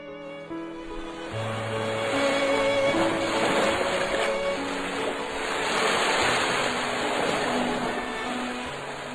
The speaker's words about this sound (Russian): Глядя на пенящиеся волны, они восхищались великолепием творения.